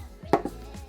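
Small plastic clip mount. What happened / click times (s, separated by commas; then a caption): The camera clicked out of its quick-release mount / 0.3 s. An Insta360 Ace Pro action camera is released from its magnetic click-in quick-release mount by pinching the two small side clips. A single sharp plastic click is heard at 0.3 s, and the camera comes free of the mount.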